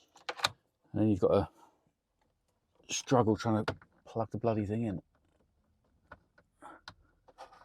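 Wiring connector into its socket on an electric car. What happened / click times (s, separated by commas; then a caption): The connector is being handled but has not yet clicked home / none. A wiring connector is being handled at its socket on an electric car during a repair, with someone talking in bursts between brief sharp handling noises near the start and faint ticks toward the end. The connector has not seated or clicked yet.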